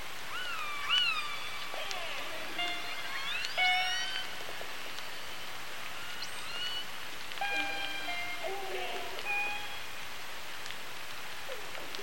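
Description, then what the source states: Killer whale calls, a busy mix of upswept whistles, pulsed tones and short flat notes overlapping continuously, with occasional louder bursts and faint clicks. Resident orca pod I15, G-clan; sounds described as pings.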